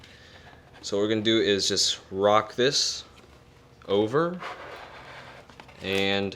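Someone talks while handling the foam-board turtle deck of an RC airplane fuselage during a dry test fit, about to rock it over onto the formers until it sits flush. A few faint, brief ticks are heard near the end, but nothing has seated or clicked yet; the clip stops before the part goes home.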